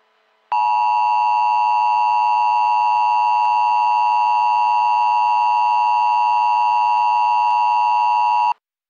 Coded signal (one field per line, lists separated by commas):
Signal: Emergency Alert System (SAME) tones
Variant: 853 and 960 Hz attention tone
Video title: EAS Scenario: Fear The Wind and Spores Prelude: An Early Morning Nightmare Aftermath